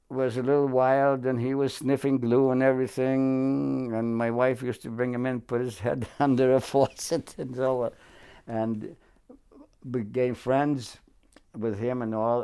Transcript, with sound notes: was a little wild and he was sniffing glue and everything. And my wife used to bring him in, put his head under a faucet [Chuckles] until—and became friends with him and all.